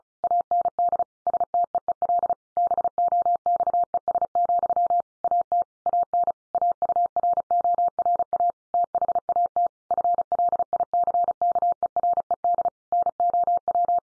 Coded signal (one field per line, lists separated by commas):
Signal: Morse code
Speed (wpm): 34 wpm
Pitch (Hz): 700 Hz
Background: none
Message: AND STEEL BOXES, AT AN AURORA THAT FLICKERED NOW